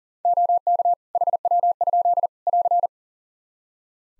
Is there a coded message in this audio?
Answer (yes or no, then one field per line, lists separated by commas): yes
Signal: Morse code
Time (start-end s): 0.2-2.9 s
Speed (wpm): 40 wpm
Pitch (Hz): 700 Hz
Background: none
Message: OK HW? <AR>